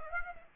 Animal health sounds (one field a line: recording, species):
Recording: mosquito wingbeat signal from an infrared sensor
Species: Aedes aegypti